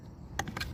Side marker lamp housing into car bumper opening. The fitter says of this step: And then we just pop that baby back in.